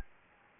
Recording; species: mosquito wingbeat signal from an infrared sensor; Anopheles gambiae